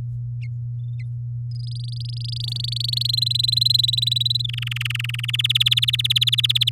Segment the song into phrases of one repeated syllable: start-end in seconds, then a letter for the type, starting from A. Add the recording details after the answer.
1.51-3.07 A, 3.09-4.46 B, 4.48-5.36 C, 5.39-6.69 D. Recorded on 9 May 2018 at 06:44. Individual llb16